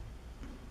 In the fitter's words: So, another satisfying little click as it goes in.